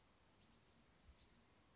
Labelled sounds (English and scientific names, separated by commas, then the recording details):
Blue-gray Gnatcatcher (Polioptila caerulea)
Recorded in Sonoma County, California